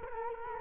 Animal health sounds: mosquito wingbeat signal from an infrared sensor; Culex quinquefasciatus

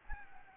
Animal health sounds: mosquito wingbeat signal from an infrared sensor; Anopheles gambiae

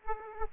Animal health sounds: mosquito wingbeat signal from an infrared sensor; Aedes aegypti

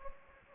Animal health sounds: mosquito wingbeat signal from an infrared sensor; Anopheles gambiae

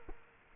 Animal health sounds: mosquito wingbeat signal from an infrared sensor; Culex quinquefasciatus

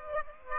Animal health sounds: mosquito wingbeat signal from an infrared sensor; Aedes aegypti

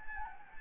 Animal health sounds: mosquito wingbeat signal from an infrared sensor; Anopheles gambiae

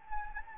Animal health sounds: mosquito wingbeat signal from an infrared sensor; Anopheles gambiae

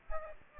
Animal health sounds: mosquito wingbeat signal from an infrared sensor; Aedes aegypti

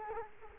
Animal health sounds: mosquito wingbeat signal from an infrared sensor; Culex quinquefasciatus

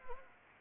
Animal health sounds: mosquito wingbeat signal from an infrared sensor; Anopheles gambiae

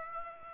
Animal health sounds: mosquito wingbeat signal from an infrared sensor; Aedes aegypti

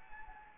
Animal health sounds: mosquito wingbeat signal from an infrared sensor; Anopheles gambiae

